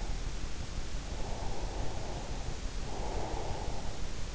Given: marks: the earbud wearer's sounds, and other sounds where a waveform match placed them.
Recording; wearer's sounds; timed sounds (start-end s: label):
sounds in sleep by an in-ear microphone; breath
1.11-4.11 s: breath